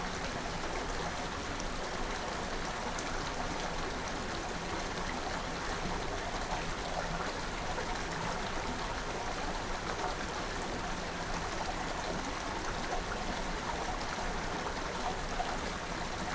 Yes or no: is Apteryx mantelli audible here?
no